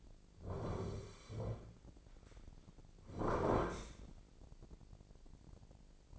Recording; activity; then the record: daily activity, microphone in the room; sit down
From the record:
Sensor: 5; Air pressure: 1009.3 hPa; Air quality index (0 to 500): 158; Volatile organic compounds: 2 ppm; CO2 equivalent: 1207 ppm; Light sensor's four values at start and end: 270/650/274/299 and 266/641/270/294